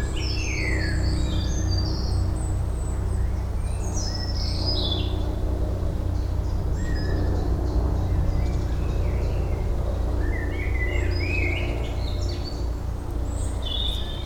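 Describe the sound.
Bird song with quick high chirps and sweeping twittered phrases, heard over a constant heavy low rumble.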